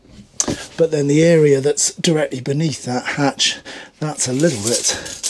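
A chromed catch on a deck hatch of a Cap Camarat (or Leader) 10.5 CC boat is released by pressing its button, giving a single sharp click at 0.4 s as it opens. Someone talks throughout the rest of the clip.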